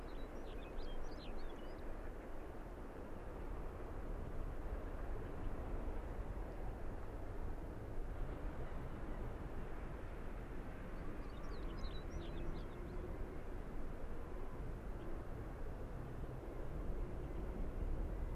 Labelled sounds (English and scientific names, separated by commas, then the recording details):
Arctic Fox (Vulpes lagopus)
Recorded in the wild
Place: Insel Mednyi, Kommandeur-Inseln, RU
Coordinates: 54.5167, 168.083
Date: 1999-06-29 19:30
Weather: 7°C, stark windig
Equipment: Sony WM-D6C, Sennheiser ME 80, K 30 AV, Windkorb, Kopie Tascam DA 30
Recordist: Jakupi, Antje
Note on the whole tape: Südosten der Insel, Haupttal: Nordwestgrat. Tier ist nicht zu sehen, ca. 100 m entfernt. Es bellten eben noch 2 Tiere. Davon eines auf der vorigen Aufnahme. Beide Tiere befinden sich auf NW-Grat. Zuvor Wechselbellen von 2 - 3 Tieren. Entfernung 200-300 m